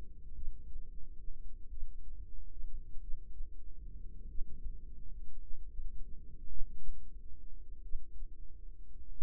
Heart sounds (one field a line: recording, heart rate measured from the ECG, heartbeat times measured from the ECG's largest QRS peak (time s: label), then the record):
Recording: heart sounds by microphone in the right ear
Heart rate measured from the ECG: 48 bpm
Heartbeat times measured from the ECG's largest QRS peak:
0.34 s: heartbeat
1.69 s: heartbeat
2.99 s: heartbeat
4.26 s: heartbeat
5.39 s: heartbeat
6.47 s: heartbeat
7.81 s: heartbeat
9.09 s: heartbeat
From the record:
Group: healthy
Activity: rest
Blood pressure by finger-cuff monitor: 91/55 mmHg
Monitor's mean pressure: 67 mmHg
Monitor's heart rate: 46 bpm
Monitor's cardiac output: 4.1 L/min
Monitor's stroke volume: 84 mL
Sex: female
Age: 36 years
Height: 163 cm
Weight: 88 kg